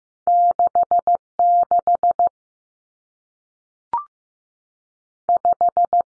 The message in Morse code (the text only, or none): 66 5